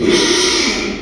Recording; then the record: squeal of a Yucatan mini pig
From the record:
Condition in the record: after surgery on the right vocal fold (resection and tissue-engineered implant); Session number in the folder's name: 2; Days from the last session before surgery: 13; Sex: male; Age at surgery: 12 weeks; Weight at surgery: 13 kg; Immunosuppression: cyclosporine, prednisolone